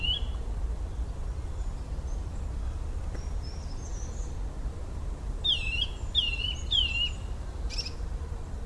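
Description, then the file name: Eurasian nuthatch calls: a single sharp downslurred note, then three loud whistled downslurred notes in quick succession, with faint high chirps and a steady low rumble. "Sitta europaea"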